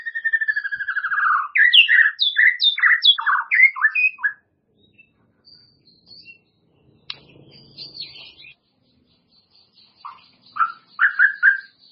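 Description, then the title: White-rumped shama song: a falling trill opening into a fast varied series of whistled notes, quiet gaps, then more short whistles. "murai batu"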